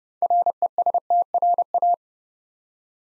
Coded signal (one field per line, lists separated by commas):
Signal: Morse code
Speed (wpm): 30 wpm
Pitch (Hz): 700 Hz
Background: none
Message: RESTRA